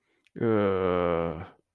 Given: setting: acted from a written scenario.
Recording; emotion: vocal sound without words; guilt